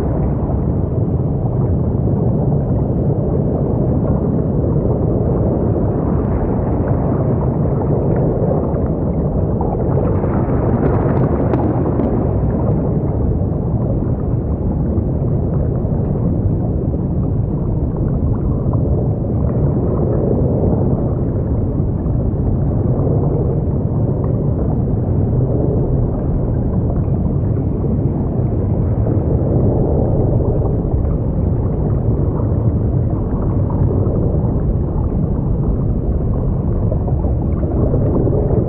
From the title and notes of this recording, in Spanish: Sonidos Subacuáticos del Profundo Océano Azul. Escucha el suave murmullo de las corrientes submarinas.